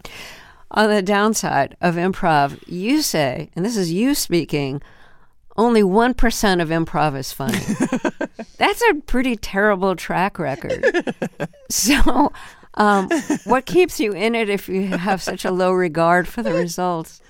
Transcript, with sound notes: On the downside of improv, you say - and this is you speaking - only 1% of improv is funny.
(Laughter).
That's a pretty terrible track record.
(Laughter).
So what keeps you in it if you have such a low regard for the results?